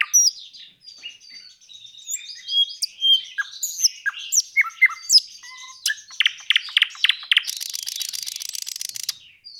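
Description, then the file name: Nightingale song, a run of varied high twittering notes and sharp clicks, then a series of loud sharp notes and a dense, harsh buzzing trill at the end. Recorded 26 April 2012. "Luscinia 26 04 2012"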